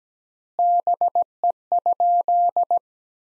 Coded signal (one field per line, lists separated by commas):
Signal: Morse code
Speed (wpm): 17 wpm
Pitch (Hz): 700 Hz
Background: none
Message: BE?